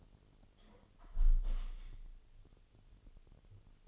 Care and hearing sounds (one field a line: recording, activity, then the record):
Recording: daily activity, microphone in the room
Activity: close window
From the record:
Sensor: 4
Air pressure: 1015.8 hPa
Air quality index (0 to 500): 84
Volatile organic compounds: 1 ppm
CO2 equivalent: 930 ppm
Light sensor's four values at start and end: 9/20/8/7 and 9/20/8/7